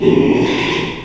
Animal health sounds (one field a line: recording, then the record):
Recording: squeal of a Yucatan mini pig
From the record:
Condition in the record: after surgery on the right vocal fold (resection and tissue-engineered implant)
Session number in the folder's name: 1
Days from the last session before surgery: 6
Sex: male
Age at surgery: 12 weeks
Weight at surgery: 13 kg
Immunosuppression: cyclosporine, prednisolone